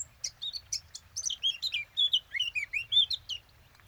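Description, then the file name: Eurasian blackcap song: a quick scratchy twitter of short high notes flowing into clearer, fluty whistled phrases, continuous for nearly four seconds. "Sylvia atricapilla"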